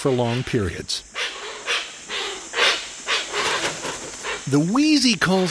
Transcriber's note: hoatzin calls